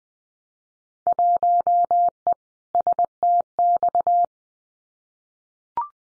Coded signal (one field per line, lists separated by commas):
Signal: Morse code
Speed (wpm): 20 wpm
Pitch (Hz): 700 Hz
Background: none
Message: 1E STX